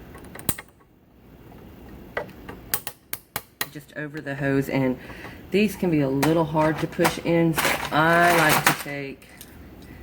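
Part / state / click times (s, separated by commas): plastic hose fitting onto pool cleaner feed hose / seated / 0.5 s, 2.7 s, 3.1 s, 3.4 s, 3.6 s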